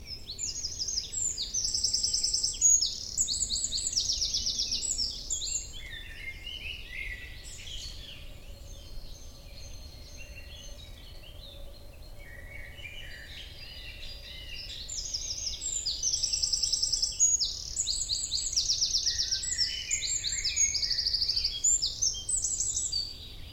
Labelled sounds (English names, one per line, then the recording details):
Eurasian Wren
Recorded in the wild
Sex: male
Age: adult
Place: Müggelsee, Berlin, DE
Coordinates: 52.43, 13.64
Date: 1989-05-13
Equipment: Uher 4400 Report Monitor, Sennheiser ME 80, K 30 AV
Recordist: Fischer, Stefan